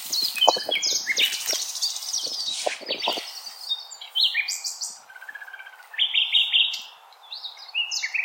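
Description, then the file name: Common nightingale song, a rich varied run of rapid trills, chirps and sharp repeated notes, with clicking bursts early and quieter phrases later. Recorded 16 April 2021. "Nightingale-210416"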